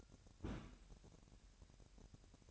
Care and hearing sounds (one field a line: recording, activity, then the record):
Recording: daily activity, microphone in the room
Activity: place on stove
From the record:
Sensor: 2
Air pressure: 1011.9 hPa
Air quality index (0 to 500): 194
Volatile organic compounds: 3 ppm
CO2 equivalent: 1377 ppm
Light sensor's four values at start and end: 72/171/70/67 and 72/171/70/67